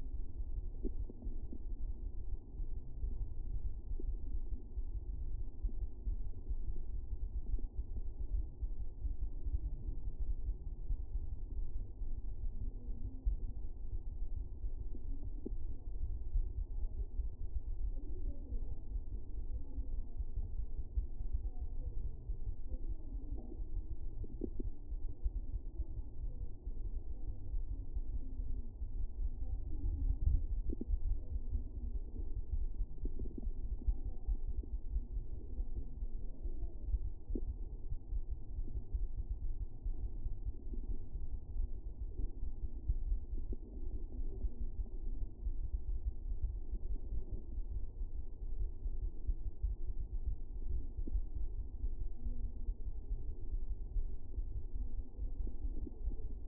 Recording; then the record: fetal heart sounds by stethoscope on the mother's abdomen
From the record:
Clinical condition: for safety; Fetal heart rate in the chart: 140 bpm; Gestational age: 40 weeks